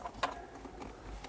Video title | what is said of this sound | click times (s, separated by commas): Captiva Aydınlatmalı Vites Topuzu Değişimi ( Captiva Illuminated Gear Shift ) | look, I heard a click sound, now my gear is in place | 0.2 s